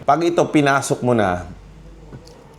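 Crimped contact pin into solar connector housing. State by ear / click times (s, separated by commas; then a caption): seated / 2.3 s. Someone talks while a crimped metal contact pin on a solar cable is pushed into a plastic MC4 connector housing. At 2.3 s a short, faint click is heard as the pin locks in place and is seated. Once clicked it cannot come out, so the sealing nut has to go on first.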